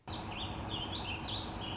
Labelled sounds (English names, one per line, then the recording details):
Song Sparrow
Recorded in Sonoma County, California